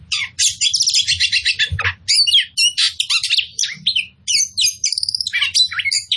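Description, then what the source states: Oriental magpie-robin delivering dense, scratchy song phrases mixed with chattering notes and short whistles, with faint low thumps. Local Indonesian name kacer poci; described as gacor, singing vigorously.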